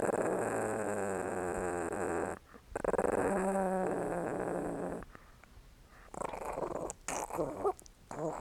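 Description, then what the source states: Dog growling, a low steady rumbling growl in two long stretches, followed by wet licking and smacking sounds. Small dog, growling and licking.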